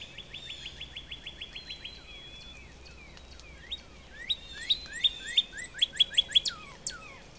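Northern Cardinal song: even series of soft repeated whistled notes, a pause, then louder repeated slurred notes.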